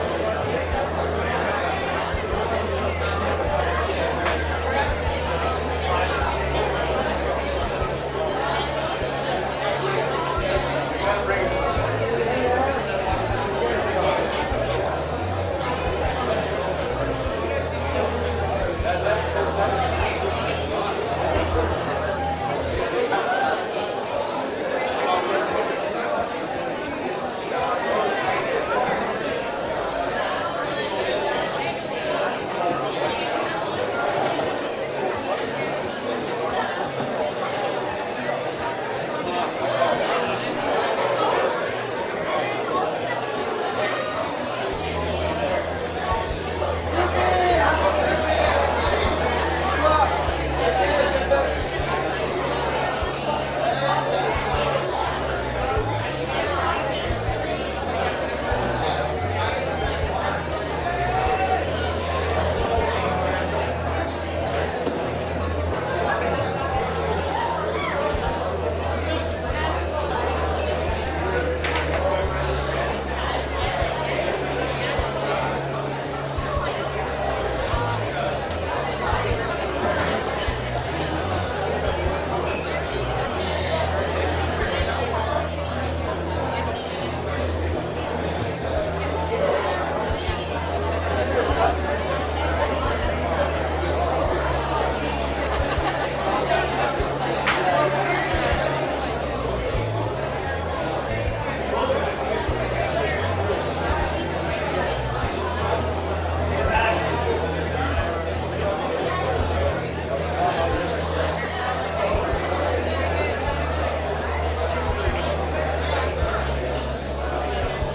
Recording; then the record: background sound without coughing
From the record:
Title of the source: CITY SOUNDS Busy Bar in the Evening Night - 2 HOURS of Ambiance for Relaxation